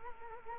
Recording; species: mosquito wingbeat signal from an infrared sensor; Culex quinquefasciatus